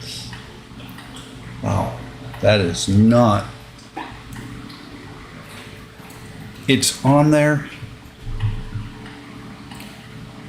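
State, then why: Not seated. A plastic part is fitted onto a model starship assembly while someone talks. A short knock near 8.4 seconds is most likely the part being set down, not a latch. The part is on, but it still moves, and nothing has snapped in or clicked yet.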